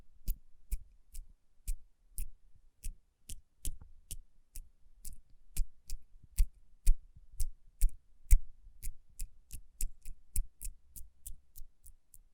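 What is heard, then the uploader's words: Tapping on rhinestone-covered palms, a steady run of sharp, bright clicks about twice a second, sometimes doubled or closer together. Each tap carries a brief low thump underneath, and a soft rubbing murmur fills the gaps between taps. Tapping & Rubbing Rhinestone Covered Palms.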